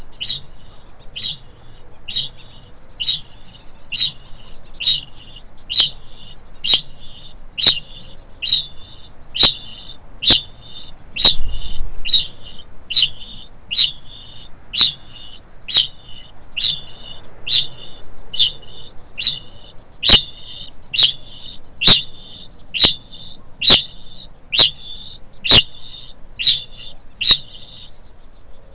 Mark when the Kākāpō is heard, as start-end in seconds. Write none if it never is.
0.00-28.08